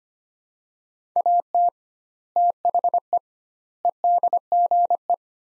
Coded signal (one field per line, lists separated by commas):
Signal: Morse code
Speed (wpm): 25 wpm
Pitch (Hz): 700 Hz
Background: none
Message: AT THE EDGE